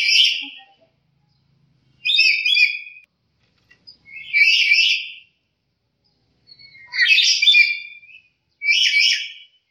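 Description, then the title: Black-capped lory giving harsh, squawking calls in five separate bursts, each about a second long, with quiet gaps between them. "Nuri kepala hitam"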